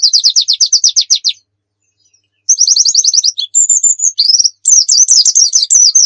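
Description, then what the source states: White-eye song: a quick, evenly repeated series of high notes, a pause, then another series followed by varied whistles and chattering slurs. Muria-type white-eye (pleci Muria) singing actively (gacor); masteran recording meant for training pet birds to sing.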